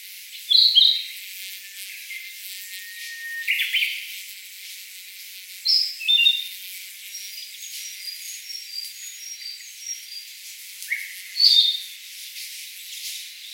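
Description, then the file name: Sakhalin leaf warbler singing short, thin, high phrases of a few notes, repeated about every five seconds. "ezomusikui"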